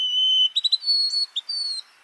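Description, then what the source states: White-throated Sparrow song broken up: a held whistle, three quick hiccup-like notes, then more uneven whistles, ending abruptly. Young first-year bird in spring, singing with overexcited hiccups while still learning its song.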